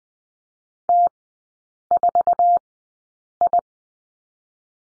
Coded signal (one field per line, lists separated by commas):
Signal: Morse code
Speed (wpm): 20 wpm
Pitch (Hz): 700 Hz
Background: none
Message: T4I